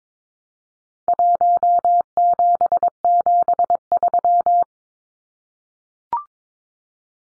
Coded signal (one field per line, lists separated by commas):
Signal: Morse code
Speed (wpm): 22 wpm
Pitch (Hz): 700 Hz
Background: none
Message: 1773